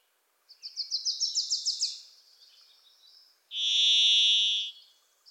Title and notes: The Varied Thrush, Ixoreus naevius, is a wisp in the forests of the Pacific Northwest.